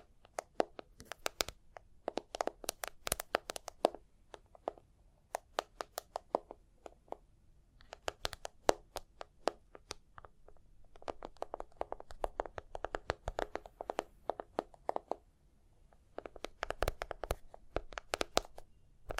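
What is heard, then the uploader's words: Tapping and scratching in quick bursts of sharp, bright clicks, with short pauses near 4, 7, 10 and 15 seconds. Between the crisp taps runs a softer rasping scratch, and a low rumble sits underneath throughout. Tapping and Scratching (No Talking).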